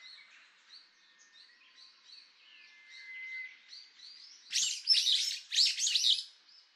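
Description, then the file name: Brown-eared bulbul calls: after faint high chatter, a burst of loud, harsh, screechy notes comes in two clusters near the end. Hahajima, 17 April 2011. "hiyodori 110417 hahajima"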